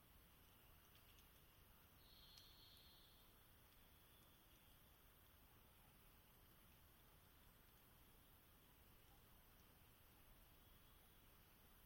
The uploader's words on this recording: Twilight, Dawn, and Sunrise in the Olympic National Forest, on Rugged Ridge near Sitkum and Calawah Rivers. Species include: Western Screech Owl, Varied Thursh, Pacific Wren, American Robin.